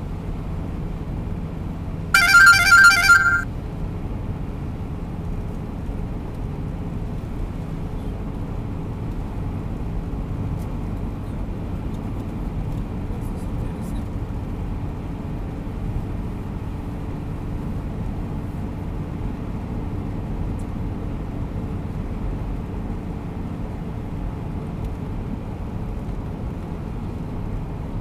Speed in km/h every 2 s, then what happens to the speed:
88, 89, 89, 89, 91, 92, 93, 93, 94, 94, 93, 93, 92, 89.
0-17 steady at about 91.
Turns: none.